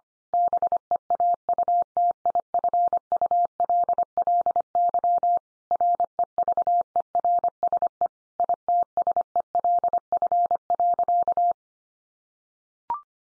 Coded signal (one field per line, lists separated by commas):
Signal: Morse code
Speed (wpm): 25 wpm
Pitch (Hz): 700 Hz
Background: none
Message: BEAUTIFULLY REVERSE ITSELF.